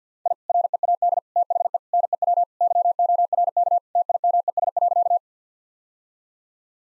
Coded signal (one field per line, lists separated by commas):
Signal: Morse code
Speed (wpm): 50 wpm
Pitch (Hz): 700 Hz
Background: none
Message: I READ THE NEW YORK TIMES.